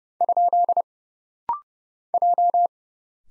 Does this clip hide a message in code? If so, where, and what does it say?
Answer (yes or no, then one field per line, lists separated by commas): yes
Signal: Morse code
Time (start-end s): 0.2-2.7 s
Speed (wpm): 31 wpm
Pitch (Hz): 700 Hz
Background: none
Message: ? J